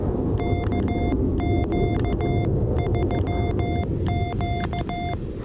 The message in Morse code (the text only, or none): KQ3Q